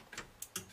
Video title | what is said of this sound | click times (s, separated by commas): Build your very own Computer! (Part 2 of 2) [HD] | that was the click there | 0.6 s